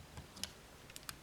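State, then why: Not seated. A lion's connector peg from a Toynami Voltron 30th Anniversary Collector's Set is handled at the mating socket of the plastic/diecast robot figure's body, producing faint handling noise and a few small, sharp ticks, with the loudest at about 0.4 s and 1.1 s. Nothing has seated or clicked yet; the lion limb connector has not gone home by the end of the clip.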